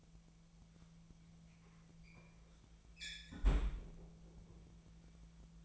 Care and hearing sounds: daily activity, microphone in the room; close fridge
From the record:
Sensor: 1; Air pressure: 1009.8 hPa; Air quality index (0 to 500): 191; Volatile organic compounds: 18 ppm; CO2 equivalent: 2620 ppm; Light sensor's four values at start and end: 33/85/36/43 and 33/85/36/43

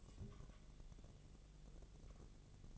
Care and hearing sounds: daily activity, microphone in the room; take from stove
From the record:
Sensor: 4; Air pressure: 1000.8 hPa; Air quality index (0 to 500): 129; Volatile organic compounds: 1 ppm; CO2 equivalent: 968 ppm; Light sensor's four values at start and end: 37/90/38/41 and 37/90/38/41

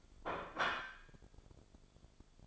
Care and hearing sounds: daily activity, microphone in the room; place plate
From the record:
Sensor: 5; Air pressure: 1004.4 hPa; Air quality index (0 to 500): 168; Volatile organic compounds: 4 ppm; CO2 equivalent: 1585 ppm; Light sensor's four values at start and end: 17/40/15/14 and 17/40/15/14

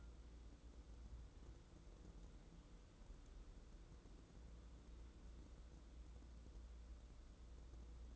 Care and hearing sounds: daily activity, microphone in the room; wipe stove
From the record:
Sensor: 3

